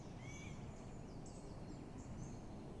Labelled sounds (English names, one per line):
Eurasian Blue Tit